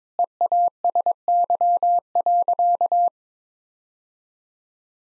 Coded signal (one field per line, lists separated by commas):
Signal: Morse code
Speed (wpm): 22 wpm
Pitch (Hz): 700 Hz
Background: none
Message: EASY.